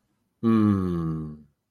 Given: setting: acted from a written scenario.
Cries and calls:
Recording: vocal sound without words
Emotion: contentment

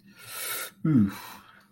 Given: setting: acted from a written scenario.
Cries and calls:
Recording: vocal sound without words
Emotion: embarrassment

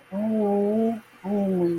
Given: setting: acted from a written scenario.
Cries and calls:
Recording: vocal sound without words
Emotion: adoration

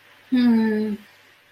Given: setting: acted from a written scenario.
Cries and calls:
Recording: vocal sound without words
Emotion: contentment

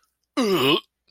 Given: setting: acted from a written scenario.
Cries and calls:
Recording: vocal sound without words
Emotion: disgust

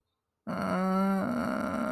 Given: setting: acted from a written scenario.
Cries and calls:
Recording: vocal sound without words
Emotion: neutral

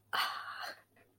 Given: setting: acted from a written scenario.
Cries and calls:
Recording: vocal sound without words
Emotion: pride

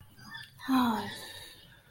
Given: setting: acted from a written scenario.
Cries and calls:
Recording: vocal sound without words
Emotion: contentment

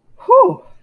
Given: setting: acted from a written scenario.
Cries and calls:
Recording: vocal sound without words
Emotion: positive surprise

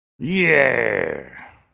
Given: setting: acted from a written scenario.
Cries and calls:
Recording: vocal sound without words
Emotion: triumph

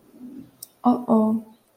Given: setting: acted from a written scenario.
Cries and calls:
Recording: vocal sound without words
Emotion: embarrassment

